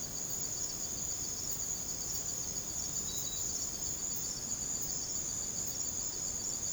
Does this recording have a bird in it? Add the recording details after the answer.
no. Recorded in secondary vegetation near Puerto Asís, Putumayo, Colombia, on 21 December 2024 at 03:00. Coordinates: 0.489, -76.322. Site G059